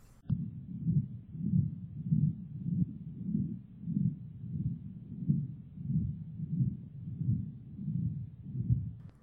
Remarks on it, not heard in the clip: Hear this at the left upper sternal border, and you also have some increased right-sided femoral and radial pulses? The answer was a PDA. Notice the machine-like quality of the murmur.